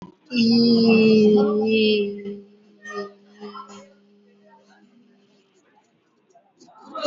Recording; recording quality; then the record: sustained vowel as in beet; excellent, no background noise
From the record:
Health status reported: healthy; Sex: female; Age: 45 years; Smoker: no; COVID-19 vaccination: one dose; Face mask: worn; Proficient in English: no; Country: India